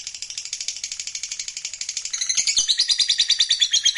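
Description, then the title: Lovebird chattering song: a fast, even stream of high buzzy pulses that becomes louder and more varied halfway through. Lovebird sound used to stimulate lovebirds. "Suara Lovebird"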